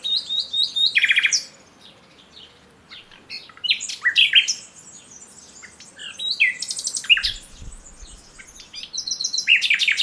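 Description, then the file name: Common nightingale song with varied bursts of high chirps, downslurred whistles and short rattling trills, separated by brief quiet gaps. "Luscinia megarhynchos"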